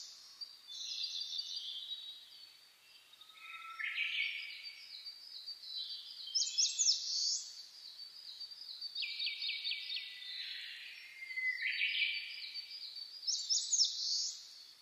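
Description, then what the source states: Birds singing in a dawn chorus: high whistles, trills and buzzy rattles, with phrases repeating every few seconds. Dawn birdsong (reimei, saezuri), recorded 10 May 2010.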